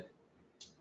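The caster direction lock on a Synthesis WC-19 transport wheelchair is pushed until it clicks into place. A brief, faint high-pitched click is heard at 0.6 s over a quiet background, and the lock is seated.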